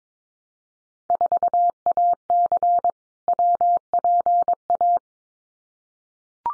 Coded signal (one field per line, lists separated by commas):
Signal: Morse code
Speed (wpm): 22 wpm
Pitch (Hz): 700 Hz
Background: none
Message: 4AC WPA